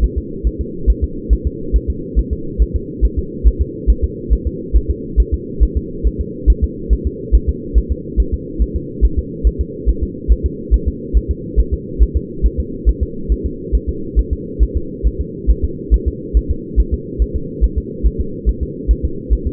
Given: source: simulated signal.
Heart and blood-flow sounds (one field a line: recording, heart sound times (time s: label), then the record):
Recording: fetal heart sounds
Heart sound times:
0.04 s: S1
0.18 s: S2
0.47 s: S1
0.61 s: S2
0.90 s: S1
1.04 s: S2
1.33 s: S1
1.47 s: S2
1.76 s: S1
1.90 s: S2
2.19 s: S1
2.33 s: S2
2.62 s: S1
2.76 s: S2
3.05 s: S1
3.19 s: S2
3.47 s: S1
3.61 s: S2
3.90 s: S1
4.04 s: S2
4.33 s: S1
4.47 s: S2
4.76 s: S1
4.90 s: S2
5.20 s: S1
5.34 s: S2
5.63 s: S1
5.77 s: S2
6.07 s: S1
6.21 s: S2
6.50 s: S1
6.64 s: S2
6.93 s: S1
7.07 s: S2
7.35 s: S1
7.49 s: S2
7.78 s: S1
7.92 s: S2
8.20 s: S1
8.34 s: S2
8.62 s: S1
8.76 s: S2
9.05 s: S1
9.19 s: S2
9.47 s: S1
9.61 s: S2
9.89 s: S1
10.03 s: S2
10.32 s: S1
10.46 s: S2
10.74 s: S1
10.88 s: S2
11.17 s: S1
11.31 s: S2
11.60 s: S1
11.73 s: S2
12.03 s: S1
12.16 s: S2
12.46 s: S1
12.60 s: S2
12.89 s: S1
13.03 s: S2
13.32 s: S1
13.46 s: S2
13.75 s: S1
13.89 s: S2
14.19 s: S1
14.33 s: S2
14.63 s: S1
14.77 s: S2
15.07 s: S1
15.21 s: S2
15.51 s: S1
15.64 s: S2
15.94 s: S1
16.08 s: S2
16.37 s: S1
16.51 s: S2
16.80 s: S1
16.94 s: S2
17.22 s: S1
17.36 s: S2
17.64 s: S1
17.78 s: S2
18.07 s: S1
18.20 s: S2
18.49 s: S1
18.63 s: S2
18.91 s: S1
19.05 s: S2
19.33 s: S1
19.47 s: S2
From the record:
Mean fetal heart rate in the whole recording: 140 bpm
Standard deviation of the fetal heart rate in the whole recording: 2 bpm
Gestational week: 34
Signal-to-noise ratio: -4.3 dB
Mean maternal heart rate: 72 bpm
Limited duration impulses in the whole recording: absent